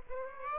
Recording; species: mosquito wingbeat signal from an infrared sensor; Aedes aegypti